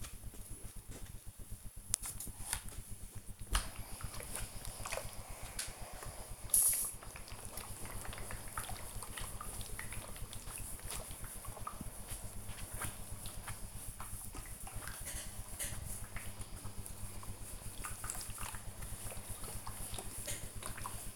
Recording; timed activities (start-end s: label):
household activities, microphone on the right wrist
0.00-21.15 s: ironing laundry